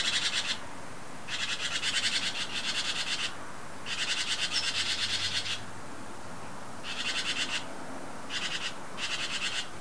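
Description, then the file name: Great tit churring: harsh, dry rattling bursts of varying length come in a broken series, with short pauses and soft background noise. "Parus major"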